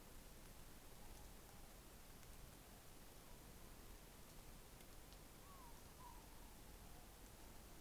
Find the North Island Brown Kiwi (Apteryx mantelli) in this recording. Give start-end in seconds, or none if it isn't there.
none